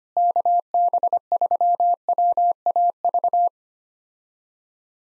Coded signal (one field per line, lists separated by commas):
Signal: Morse code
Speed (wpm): 25 wpm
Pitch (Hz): 700 Hz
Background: none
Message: KB3WAV